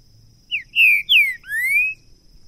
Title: ESQUENTAR Seu TRINCA Piando, Cantando E Macheando Na DISPUTA. LEVEI 2 TRINCA FERRO NO MATO!! ABRIR O CANTO DO TRINCA FERRO!! 2022!